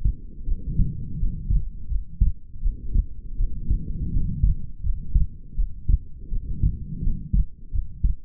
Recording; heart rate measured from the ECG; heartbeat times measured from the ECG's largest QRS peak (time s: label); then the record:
heart sounds by stethoscope; 83 bpm
0.44 s: heartbeat
1.17 s: heartbeat
1.87 s: heartbeat
2.60 s: heartbeat
3.36 s: heartbeat
4.10 s: heartbeat
4.81 s: heartbeat
5.55 s: heartbeat
6.29 s: heartbeat
7.00 s: heartbeat
7.70 s: heartbeat
From the record:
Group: healthy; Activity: rest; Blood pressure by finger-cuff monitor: 100/69 mmHg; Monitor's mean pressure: 78 mmHg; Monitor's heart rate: 82 bpm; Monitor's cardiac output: 5.9 L/min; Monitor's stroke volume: 72 mL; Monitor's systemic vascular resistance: 980 dyn s/cm5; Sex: female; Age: 22 years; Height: 160 cm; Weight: 45 kg